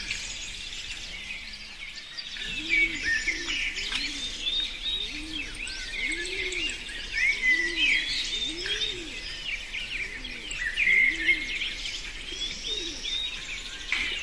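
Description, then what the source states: Birds singing, a dense chorus of high chirps, trills and whistles, with a low repeated cooing call beneath. In a forest.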